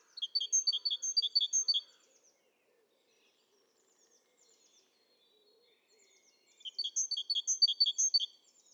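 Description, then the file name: Great tit call: two bursts of rapid, high, ringing note groups with soft faint chirps in the quiet gap between them. "Parus major"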